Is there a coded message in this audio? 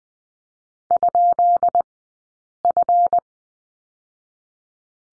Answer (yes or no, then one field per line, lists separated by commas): yes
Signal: Morse code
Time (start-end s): 0.9-3.2 s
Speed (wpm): 20 wpm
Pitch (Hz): 700 Hz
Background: none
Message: ?F